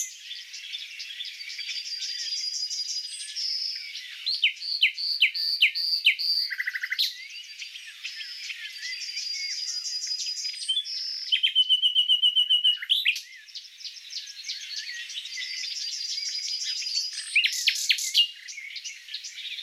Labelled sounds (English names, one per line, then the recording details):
Common Nightingale song
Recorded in the wild
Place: Waltershofen / Freiburg im Breisgau, Baden-Württemberg, DE
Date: 2006-06-04
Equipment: MiniDisc Sharp MT 20 H
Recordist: Schwarz, Dieter
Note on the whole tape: Song